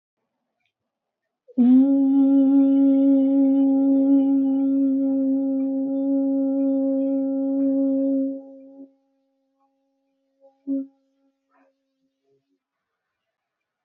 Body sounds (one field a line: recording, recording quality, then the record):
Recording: sustained vowel as in beet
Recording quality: excellent, no background noise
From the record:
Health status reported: healthy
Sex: female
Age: 32 years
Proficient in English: yes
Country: India